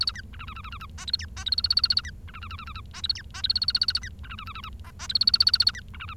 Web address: nccratliri vad-multi-species. bengalese finch